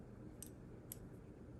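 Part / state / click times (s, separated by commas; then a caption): manual safety detent into pistol frame / seated / 0.4 s. A spring-loaded manual safety detent on a Sig Sauer P365 XL pistol frame is pressed down with a thumb while the manual safety lever is rotated. A sharp, bright click at 0.4 s marks the detent seating, and a second similar click follows at 0.9 s over a low background hum. The detent clicks into its seat and the manual safety is in place.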